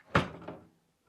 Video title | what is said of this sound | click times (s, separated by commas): 2027 Newmar London Aire Walkthrough - Complete Owner Orientation & Feature Guide | they lock again in the closed position. So | 0.2 s